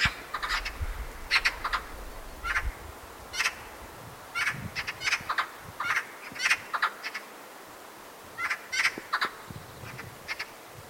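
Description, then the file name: Eurasian magpie calls: repeated harsh, dry chack notes, mostly in pairs and short clusters, spread throughout. "Pica pica"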